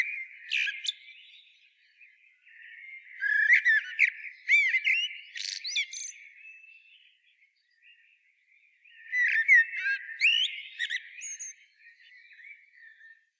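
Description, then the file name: Common blackbird song: mellow, fluted warbling phrases, each ending in squeaky, high twitters, separated by quieter pauses. "Turdus merula"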